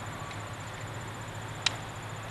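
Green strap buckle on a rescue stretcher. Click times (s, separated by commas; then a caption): 1.7 s. The green patient-securing strap on a SKEDCO rescue stretcher is pushed into its plastic buckle and snaps shut, seated, with one sharp click at 1.7 s. A steady low hum and a faint high-pitched tone continue underneath.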